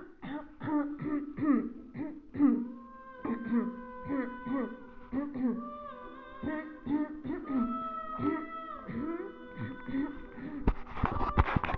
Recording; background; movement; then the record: throat clearing; music; sitting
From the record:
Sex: female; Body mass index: 21.8 kg/m2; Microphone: on the chest, facing the body